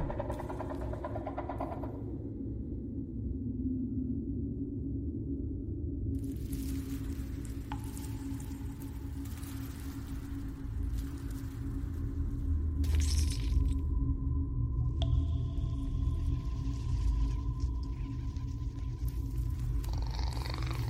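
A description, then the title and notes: An alien hive ambience with a deep, steady rumbling drone that never lets up, low and dense throughout. Thin whistling tones drift in and out above it, and brief hissing bursts flare up around seconds 2, 6, 12, 15 and 20. Alien hive ASMR ambience. Predator cave.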